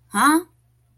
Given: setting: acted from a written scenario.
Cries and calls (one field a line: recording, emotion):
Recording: vocal sound without words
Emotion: confusion